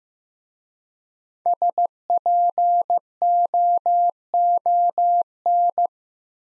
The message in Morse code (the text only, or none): SPOON